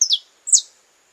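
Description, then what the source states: Belgian canary song: two short bright descending notes about half a second apart, high and clear against silence. Pure Belgian canary breed.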